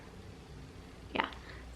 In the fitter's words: just kind of use a little tiny bit of force and it pops right in